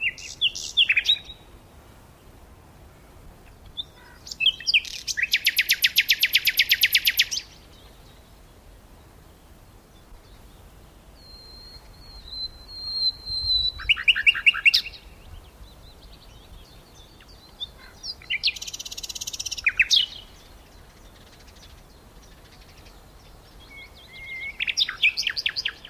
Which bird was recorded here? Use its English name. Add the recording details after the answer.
Common Nightingale. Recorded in the wild. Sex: male. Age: adult. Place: Mühlenbecker Land, OT Buchhorst, Naturpark Barnim, Brandenburg, DE. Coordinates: 52.6736, 13.3908. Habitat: pond. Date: 1988-04-30 12:22. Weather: sunny, 16-20°C. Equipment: Nagra SN, Kopie Tesla B 116. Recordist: Tembrock, Günter. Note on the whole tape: An den Teichen von Mühlenbeck-Buchhorst, am Fließtal. Gesang